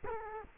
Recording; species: mosquito wingbeat signal from an infrared sensor; Culex quinquefasciatus